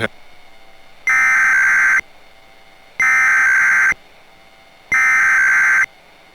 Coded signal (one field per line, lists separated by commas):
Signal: Emergency Alert System (SAME) tones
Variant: header bursts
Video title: More WCBS 2 Commercials and EAS Test on October 19, 2007 (60fps)